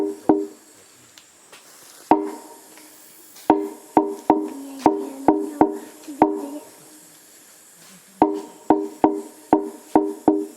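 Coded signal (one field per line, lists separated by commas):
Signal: drum signal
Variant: garamut slit gong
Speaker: now he's going to do another call in the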